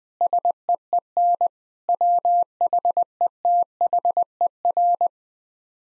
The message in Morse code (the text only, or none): SEEN WHETHER